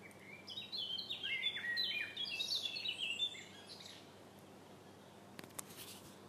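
Songbird singing a rapid, tumbling twitter of high chirps for a few seconds, then quiet with a few clicks.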